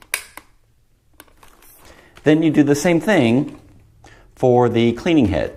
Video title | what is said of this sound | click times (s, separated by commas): Review: Dyson V6 Animal Cordless Vacuum | you take the extension wand, and you slide them together until it clicks. | 0.1 s